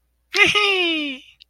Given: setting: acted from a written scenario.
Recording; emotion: vocal sound without words; positive surprise